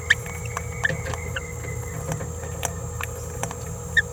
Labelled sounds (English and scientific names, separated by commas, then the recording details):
Green-rumped Parrotlet (Forpus passerinus) babbling
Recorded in a nest box in Venezuela
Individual 18B17A4